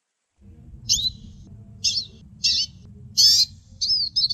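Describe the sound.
Hooded siskin calls: short, high, slightly buzzy chirps given singly about every half second to second, with faint low background noise.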